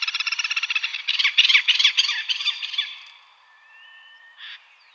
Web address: Schulze Peter Great Spotted Cuckoo calls